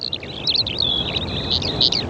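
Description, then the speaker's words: Eurasian skylark song: a rapid, continuous stream of high, warbling and trilling notes with quick pitch slides, carried over a low rumble of background noise. Heard in summer on the west coast of Ireland on low, flat islands; small birds singing high in the sky, constantly heard but hard to find. "尽管云雀的鸣唱一直在耳畔回响，人们却很难找到它们。"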